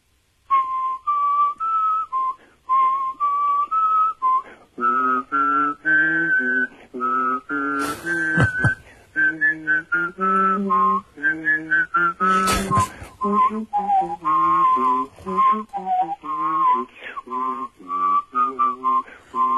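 A short version of Frère Jacques (Bruder Jakob) whistled over the telephone as a clear, stepping melody in a narrow, phone-like sound. After a few seconds a lower hummed tone joins the whistling at the same time, and the tune continues without pause.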